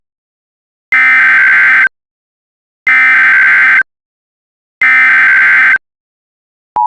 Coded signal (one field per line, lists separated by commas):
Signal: Emergency Alert System (SAME) tones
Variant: header bursts